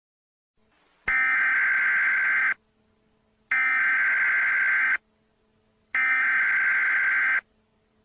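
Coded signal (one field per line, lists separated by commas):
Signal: Emergency Alert System (SAME) tones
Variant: header bursts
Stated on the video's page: EAS prank.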